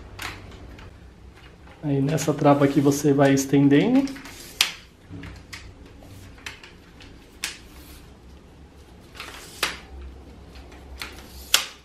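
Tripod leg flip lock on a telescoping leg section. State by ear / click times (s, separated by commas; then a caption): seated / 4.6 s, 11.5 s. Someone talks while extending the telescoping leg sections of a Tomate MTG-3018 tripod and closing the plastic flip locks on them. Sharp snaps at 4.6 s and 11.5 s mark the flip locks snapping shut, leaving the leg locked on these two extensions.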